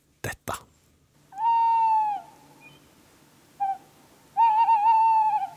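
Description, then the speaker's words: Tawny Owl hooting: two clicks, then a long, steady, mid-pitched hoot, a brief note, and a final wavering, quavering hoot. Norwegian tawny owl that moved to Åre to start a family; first documented breeding of the species in the county. "Det var ljudet av en kattuggla."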